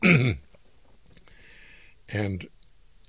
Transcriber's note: clears throat